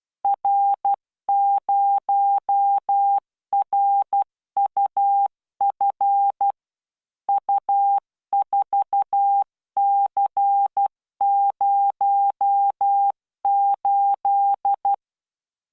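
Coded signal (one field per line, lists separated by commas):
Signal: Morse code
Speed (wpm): 12 wpm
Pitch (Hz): 800 Hz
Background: none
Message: R0RUF U4C08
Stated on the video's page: Morse practice at 12 WPM with standard spacing, generated by LearningMorse training software.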